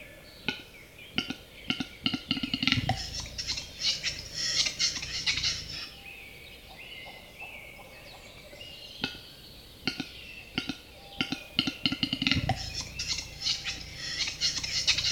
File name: Digiffects Sound Effects Library - Close Capercaillie Bird